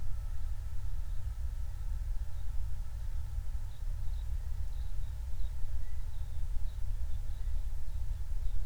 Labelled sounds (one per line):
songbird